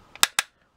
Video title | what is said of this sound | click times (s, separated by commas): (FR) Earthrise SKY LYNX review (Transformers) | pattes qui viennent se clipser à l'intérieur on | 0.2 s, 0.4 s